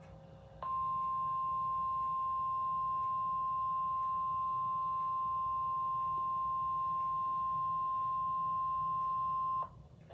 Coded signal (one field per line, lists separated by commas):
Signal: Emergency Alert System (SAME) tones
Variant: 1050 Hz attention tone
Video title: 5/27/26 Severe Thunderstorm Warning for Colorado, Austin, Waller, and Harris Counties (EAS #58)